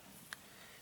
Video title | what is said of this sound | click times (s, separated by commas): Axial SCX24 Hot Racing Brass Diff Covers Install | you heard that click that means that it it just popped in | 0.3 s